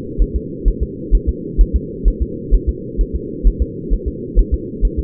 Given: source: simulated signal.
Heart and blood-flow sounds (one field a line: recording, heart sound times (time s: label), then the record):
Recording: fetal heart sounds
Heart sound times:
0.22 s: S1
0.36 s: S2
0.68 s: S1
0.83 s: S2
1.15 s: S1
1.29 s: S2
1.61 s: S1
1.76 s: S2
2.08 s: S1
2.22 s: S2
2.55 s: S1
2.69 s: S2
3.01 s: S1
3.16 s: S2
3.47 s: S1
3.62 s: S2
3.94 s: S1
4.08 s: S2
4.39 s: S1
4.54 s: S2
4.85 s: S1
4.99 s: S2
From the record:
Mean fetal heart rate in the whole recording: 130 bpm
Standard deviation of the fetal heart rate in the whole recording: 2 bpm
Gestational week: 36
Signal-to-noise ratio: -4.1 dB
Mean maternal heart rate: no maternal heart sound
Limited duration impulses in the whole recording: absent